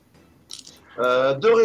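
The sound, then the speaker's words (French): A short, light clatter of dice being rolled across a surface during a Degenesis tabletop role-playing game, a quick burst of clicks lasting a fraction of a second, followed by a person starting to speak. “Je vais jeter 4 dés pour les ferrailleurs et 7 dés pour la défense.”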